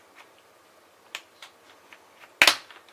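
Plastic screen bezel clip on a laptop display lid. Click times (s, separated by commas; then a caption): 2.4 s. A plastic card is slid under the plastic screen bezel of a Lenovo Y40 laptop's display lid and lifted to unclip it. Faint plastic ticks and creaks at about 1.1, 1.4 and 1.9 seconds lead to a sharp, loud click at 2.4 seconds. The bezel clip pops open and is released.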